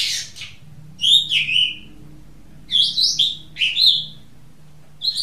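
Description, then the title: Oriental magpie-robin singing short bursts of clear, sliding whistles separated by brief pauses, over a faint low hum. "Kicau Kacer"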